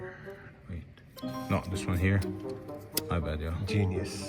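On a BMW 535i being repaired for a misfire, a plastic O2 sensor wiring connector is handled near its clip on the engine mounting bracket during reinstallation. Someone talks over background music, with a faint brief tick near 1.0 s. Nothing has seated or clicked yet.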